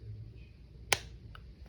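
A plastic washer is pushed further down a safety eye post set into a crocheted head until it passes the second tooth. A sharp click is heard at 0.9 s, followed by a fainter tick at 1.4 s. The washer has seated and locks on the second click, which adds little extra hold.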